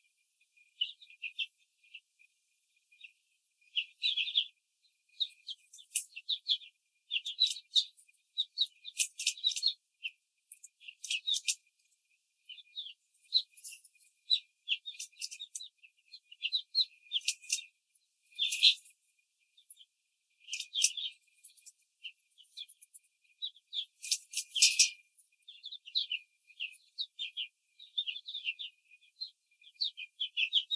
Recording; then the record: young laying hens in a cage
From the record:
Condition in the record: control cage, before the stress test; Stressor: none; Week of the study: 4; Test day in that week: 3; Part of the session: 4